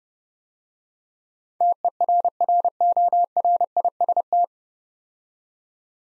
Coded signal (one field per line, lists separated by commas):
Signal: Morse code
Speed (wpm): 30 wpm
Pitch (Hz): 700 Hz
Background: none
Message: TERRORIST